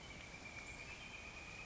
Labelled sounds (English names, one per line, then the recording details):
Northern Flicker
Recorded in Sonoma County, California